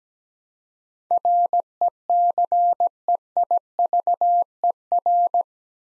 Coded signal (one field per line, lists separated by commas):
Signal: Morse code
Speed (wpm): 17 wpm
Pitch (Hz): 700 Hz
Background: none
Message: RECEIVER